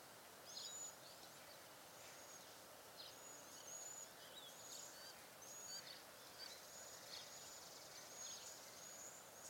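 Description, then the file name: Cedar waxwing calls, thin high-pitched hissing notes given at intervals over a steady background hiss. "Bombycilla cedrorum - Cedar Waxwing"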